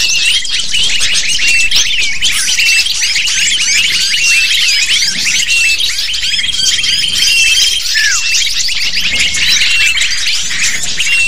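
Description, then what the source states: Lovebirds calling en masse, a loud shrill jumble of chirps and squeaks, with one clear falling note near the end. Lure sound used to attract lovebirds.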